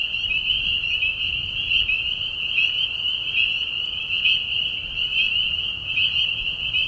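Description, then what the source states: Spring peeper chorus: countless high piping whistles overlapping steadily, forming a constant shrill drone with no pauses. Mating call chorus in a marsh at night during a short spring season, Tiny Marsh Conservation Area, Tiny, Ontario; high whistles at low volume.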